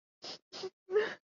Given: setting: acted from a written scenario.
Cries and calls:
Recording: vocal sound without words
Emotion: sadness

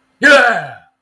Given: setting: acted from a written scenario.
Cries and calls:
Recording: vocal sound without words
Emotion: triumph

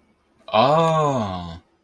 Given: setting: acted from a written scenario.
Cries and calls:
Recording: vocal sound without words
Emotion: realization

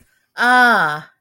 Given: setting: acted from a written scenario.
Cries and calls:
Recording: vocal sound without words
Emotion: interest

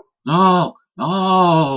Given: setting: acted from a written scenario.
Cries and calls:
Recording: vocal sound without words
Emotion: fear

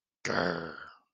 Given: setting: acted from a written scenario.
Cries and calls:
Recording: vocal sound without words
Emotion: anger

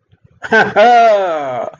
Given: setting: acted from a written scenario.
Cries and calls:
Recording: vocal sound without words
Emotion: pride

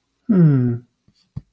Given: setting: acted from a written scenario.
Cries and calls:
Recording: vocal sound without words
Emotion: romantic love

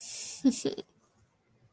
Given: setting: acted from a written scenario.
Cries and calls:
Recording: vocal sound without words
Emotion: romantic love

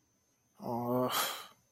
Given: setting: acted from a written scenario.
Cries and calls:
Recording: vocal sound without words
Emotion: disappointment

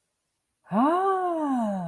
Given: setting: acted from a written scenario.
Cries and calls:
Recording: vocal sound without words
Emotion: positive surprise

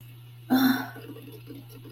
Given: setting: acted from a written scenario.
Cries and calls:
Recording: vocal sound without words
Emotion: disappointment

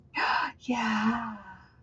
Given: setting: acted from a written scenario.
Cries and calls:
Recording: vocal sound without words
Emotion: positive surprise

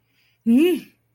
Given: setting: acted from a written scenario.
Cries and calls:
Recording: vocal sound without words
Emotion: negative surprise

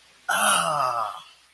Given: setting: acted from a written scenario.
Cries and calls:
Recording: vocal sound without words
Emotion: triumph

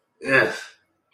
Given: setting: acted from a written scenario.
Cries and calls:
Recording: vocal sound without words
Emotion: disgust

